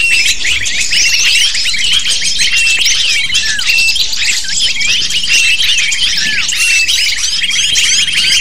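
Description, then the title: Lovebird flock calling continuously, a thick wash of high, sharp chirps and rising squeaks, a long thin whistled tone holding above them. Calls used as a lure (pikat) to attract lovebirds. "PIKAT BURUNG LOVEBIRD"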